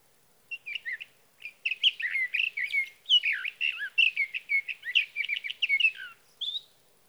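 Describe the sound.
Sage thrasher singing a long, continuous warbling song of quick, varied slurred notes with brief pauses, ending on a higher clear note; quiet background.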